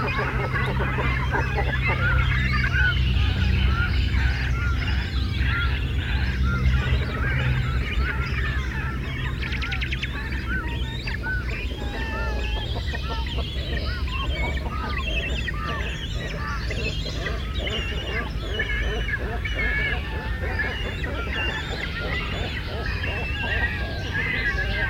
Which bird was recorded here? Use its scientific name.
Phalacrocorax carbo